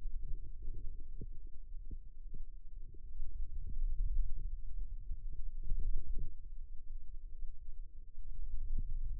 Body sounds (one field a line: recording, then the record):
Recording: forearm muscle sounds (acoustic myography)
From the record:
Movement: hand opening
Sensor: system 2, bracelet of six BSWA MPA416 microphones around the upper forearm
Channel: 6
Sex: female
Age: 22 years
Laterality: right